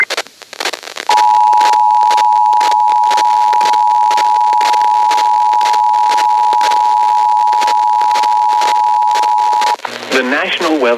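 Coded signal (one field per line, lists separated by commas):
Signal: Emergency Alert System (SAME) tones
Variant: 853 and 960 Hz attention tone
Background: speech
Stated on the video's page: Severe weather EAS alerts received on NOAA weather radio during a week in York Beach, Maine.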